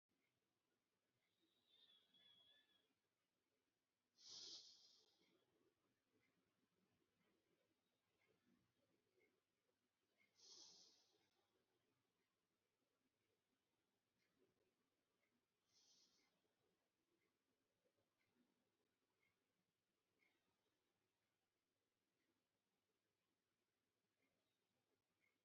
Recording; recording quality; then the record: deep breathing; excellent, no background noise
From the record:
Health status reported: healthy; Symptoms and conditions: none ticked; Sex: male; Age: 50 years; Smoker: not ticked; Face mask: not worn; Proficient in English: yes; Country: India